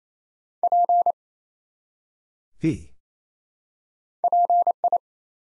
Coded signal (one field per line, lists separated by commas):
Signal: Morse code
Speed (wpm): 28 wpm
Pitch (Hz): 700 Hz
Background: none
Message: P PI